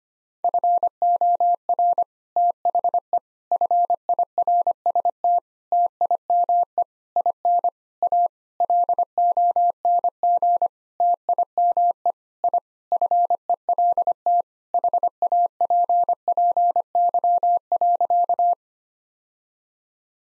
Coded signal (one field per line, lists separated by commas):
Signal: Morse code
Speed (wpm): 25 wpm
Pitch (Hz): 700 Hz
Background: none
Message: FOR THE FIRST TIME IN A LONG TIME I FELT HAPPY.